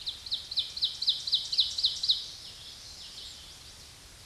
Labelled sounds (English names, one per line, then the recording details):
Ovenbird song
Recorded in a Pennsylvania forest on 16 May 2024 at 07:34
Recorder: AudioMoth, point MSD-1035
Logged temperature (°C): 16.3 °C
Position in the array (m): 212 m, 129 m